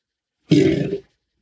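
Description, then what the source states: Chinese alligator bellow: one short, rough, growling call lasting about half a second, with a low buzzy base and a hissing upper edge, then silence. Female Chinese alligator, recorded inhaling normal air and heliox, a helium-oxygen mixture, to test for vocal tract resonances.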